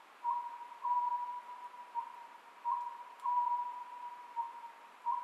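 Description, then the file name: Oriental scops owl song, clear low whistled notes in short phrases, repeated every few seconds over a steady faint hum. Recorded 27 May 2010 at 23:35. "konohazuku-20100527-2335"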